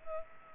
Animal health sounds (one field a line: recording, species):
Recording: mosquito wingbeat signal from an infrared sensor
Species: Culex pipiens